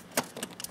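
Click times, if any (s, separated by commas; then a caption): 0.2 s. A hard luggage case is put onto the luggage rack mount of a BMW R1200GSA motorcycle and its locking mechanism is closed. A sharp metallic clack at 0.2 s is followed by several lighter clacks. The case locks into place on the mount.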